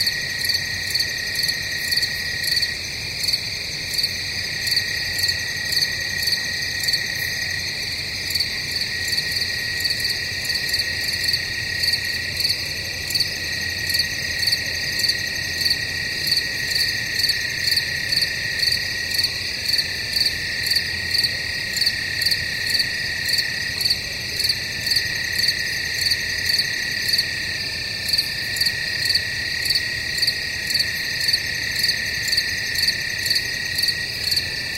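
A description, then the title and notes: Crickets chirp in a dense, steady, rapid pulse through the night woods, their bright trill constant over a faint low rustle beneath. Nighttime Woods. The quiet rustling of leaves, the gentle chirping of crickets, and the occasional hooting of an owl.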